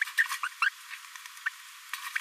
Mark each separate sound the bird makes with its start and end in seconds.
0.01-0.04, 0.43-0.48, 0.62-0.69, 1.46-1.49